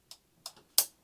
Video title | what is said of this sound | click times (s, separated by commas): 3/26/25 Kimberbell Rope Bowls | till it clicks again. And it is Ready. hooped, ready to go. | 0.1 s, 0.5 s, 0.8 s